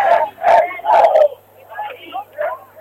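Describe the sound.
Distant people shouting: three loud, strained voiced calls in quick succession, followed by several fainter, shorter shouts trailing off, over a low steady hum.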